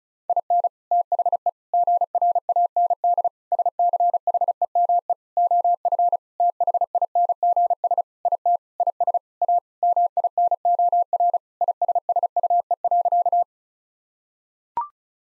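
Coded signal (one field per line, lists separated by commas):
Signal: Morse code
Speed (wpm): 36 wpm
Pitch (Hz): 700 Hz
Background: none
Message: IN THE GRAND SCHEME OF THINGS IT IS A MINOR ISSUE.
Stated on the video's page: Morse code practice sentences of common six-word phrases sent at 35 wpm, for head-copy training.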